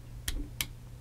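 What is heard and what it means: A plastic arm section of a transforming action figure is rotated up and snapped into the body. Two sharp plastic clicks are heard at 0.3 s and 0.6 s, and the part seats in place.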